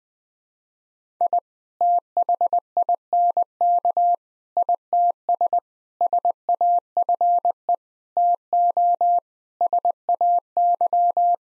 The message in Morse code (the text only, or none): I THINK ITS SAFE TO SAY